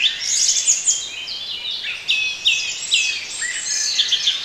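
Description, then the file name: Birds twittering busily, with a run of clear repeated whistled notes over the chatter. Bird sounds for relaxation. "relaksacja odglosy ptakow"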